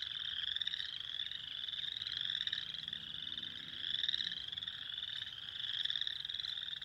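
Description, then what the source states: Spring peepers calling together, a constant wall of piercing upslurred peeps with individual notes standing out now and then. Recorded 2021-04-06.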